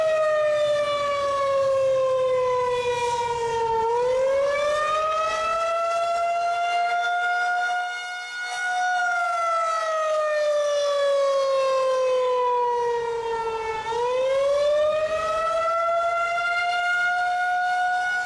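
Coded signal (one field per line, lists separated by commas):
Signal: siren signal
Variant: Attack signal (wavering tone)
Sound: loud outdoor siren wavering up and down in pitch, slow rises and falls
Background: outdoor ambience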